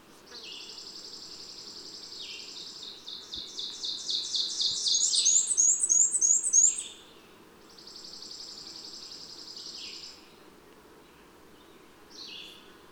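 Bird song: long series of fast high trills, building in loudness and stepping through pitches, with sharp chirps mixed in, then quieter repeated trills, over a steady low hum.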